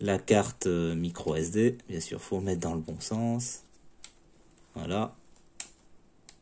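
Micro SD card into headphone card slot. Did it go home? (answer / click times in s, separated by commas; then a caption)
yes / 5.6 s. A micro SD card is pushed into the card slot of an AirAux AA-ER1 Bluetooth headphone until it latches. Someone talks for the first few seconds, then a few faint ticks follow before a sharp click at 5.6 s as the card locks into place, seated.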